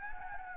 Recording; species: mosquito wingbeat signal from an infrared sensor; Anopheles gambiae